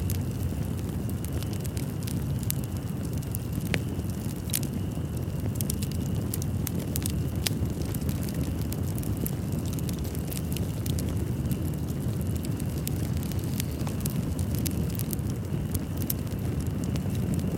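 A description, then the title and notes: A campfire burns beside a river at night, the water's dense, steady low rush filling the whole scene at an even level. Sharp crackles and pops from the fire break through irregularly, several every second or two, and a faint thin steady tone hangs above. Campfire And River Night Ambient.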